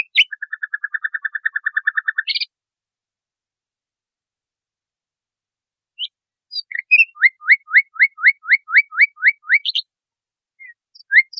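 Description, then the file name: Nightingale song: a fast, even run of many identical chipping notes, a pause, then a series of upward-flicking whistled notes repeated quickly, ending with scattered high notes. Masteran recording, used for training cage birds. "suara masteran nightingale"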